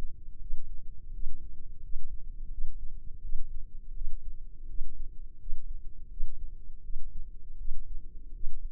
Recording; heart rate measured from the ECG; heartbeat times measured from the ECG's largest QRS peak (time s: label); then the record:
heart sounds by microphone in the left ear; 83 bpm
0.39 s: heartbeat
1.11 s: heartbeat
1.81 s: heartbeat
2.49 s: heartbeat
3.21 s: heartbeat
3.93 s: heartbeat
4.66 s: heartbeat
5.37 s: heartbeat
6.08 s: heartbeat
6.81 s: heartbeat
7.56 s: heartbeat
8.32 s: heartbeat
From the record:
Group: healthy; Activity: rest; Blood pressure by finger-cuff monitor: 129/77 mmHg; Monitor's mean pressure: 95 mmHg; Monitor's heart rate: 84 bpm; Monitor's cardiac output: 7.1 L/min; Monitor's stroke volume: 83 mL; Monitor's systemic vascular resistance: 990 dyn s/cm5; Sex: female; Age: 24 years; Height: 163 cm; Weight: 55.7 kg